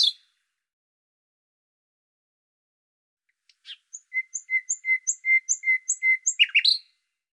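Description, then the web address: Bird song: a sharp high note, a pause of several seconds, then an even series of paired high and lower chirps, ending in a louder jumbled burst. "Deverinetal 2025"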